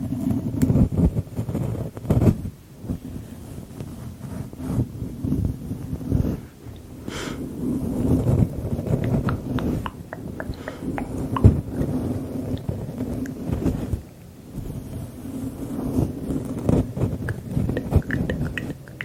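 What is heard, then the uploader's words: Close, intimate mouth sounds with soft tongue clicks scattered throughout, appearing as quick sharp ticks every second or so. A low, muffled rumble of breath and handling sits underneath, swelling and fading in waves, with brief quieter gaps near six and fourteen seconds. ASMR Face & Scalp Analysis tongue clicking, mouth sounds, up-close personal attention.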